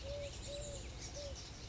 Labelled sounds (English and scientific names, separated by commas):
Eurasian Collared Dove (Streptopelia decaocto)